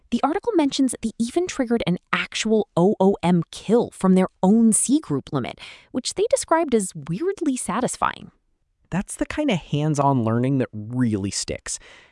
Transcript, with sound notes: The article mentions they even triggered an actual OOM kill from their own cgroup limit, which they described as weirdly satisfying.
[thoughtful] That’s the kind of hands-on learning that really sticks.